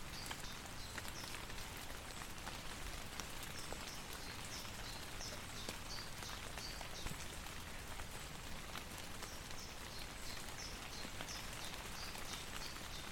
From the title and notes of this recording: Relaxing Sound of Rain and Wind in Small Forest, Rain Drops Falling From Trees with Wind. Relax to the calming sound of rain falling through the tree canopy onto the forest floor.